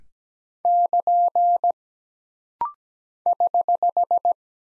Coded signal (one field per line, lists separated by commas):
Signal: Morse code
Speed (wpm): 17 wpm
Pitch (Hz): 700 Hz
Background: none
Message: <KN> <HH>